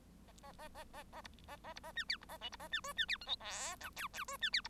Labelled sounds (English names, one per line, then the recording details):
Bengalese Finch song
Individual Bird1